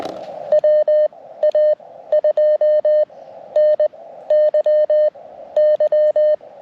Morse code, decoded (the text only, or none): WA2NYY